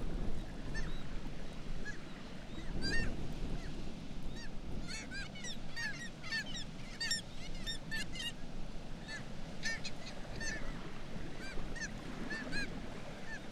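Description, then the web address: Black-legged kittiwakes calling, many nasal, rising-falling cries overlapping in a busy chorus, over a steady low rumble. "sound Black-legged-kittiwake. صدای-پرنده-کاکایی-پاسیاه"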